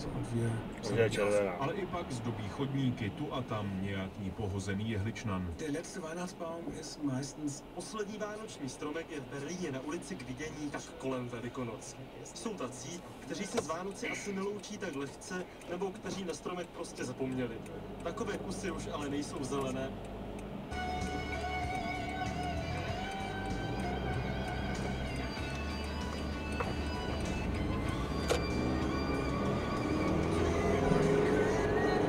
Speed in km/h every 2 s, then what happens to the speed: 21, 14, 4, 0, 0, 0, 0, 0, 0, 13, 14, 17, 22, 22, 32, 42.
0-5 brakes to 0. 5-17 standing. 17-23 pulls away to 22. 26-32 speeds up to 42.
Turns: none.